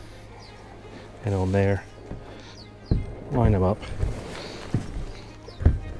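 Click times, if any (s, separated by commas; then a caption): 5.7 s. A windsurf mast foot is pressed in at its button, lined up with the universal joint fitting on a Red Paddle Co WindSUP 10'7 board lying on its side, and slotted in. Someone talks, a short knock comes at 2.9 s, and a sharp click at 5.7 s marks the latch. The mast foot is seated on the universal joint, and the sail is attached.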